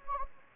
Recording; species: mosquito wingbeat signal from an infrared sensor; Anopheles gambiae